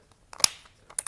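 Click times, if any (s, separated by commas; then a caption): 0.4 s, 1.0 s. A drill bit is popped into the keyless chuck of a cordless drill and the chuck is twisted tight. Its ratchet makes sharp clicks, the loudest at 0.4 s and 1.0 s, with fainter ticks around them. The chuck locks and grips the bit.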